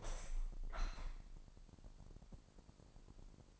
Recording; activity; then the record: daily activity, microphone in the room; open window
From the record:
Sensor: 5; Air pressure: 1000.1 hPa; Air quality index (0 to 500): 249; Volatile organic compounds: 35 ppm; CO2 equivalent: 3058 ppm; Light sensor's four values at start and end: 34/80/32/30 and 34/80/32/30